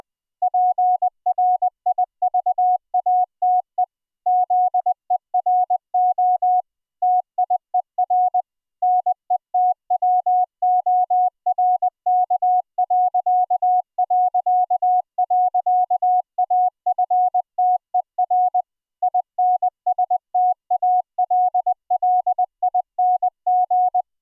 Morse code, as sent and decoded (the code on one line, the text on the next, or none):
.--. .-. .. ...- .- - . / --.. . .-. --- / - .. . .-. / -. . - .-- --- .-. -.- .-.-.- .-.-.- .-.-.- .- ..-. - . .-. / .. -. ... - .- .-.. .-.. .. -. --.
PRIVATE ZERO TIER NETWORK...AFTER INSTALLING